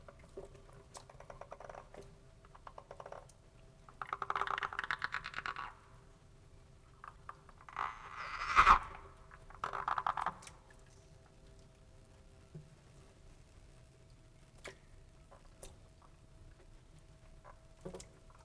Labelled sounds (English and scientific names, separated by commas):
Edible Frog (Pelophylax esculentus) call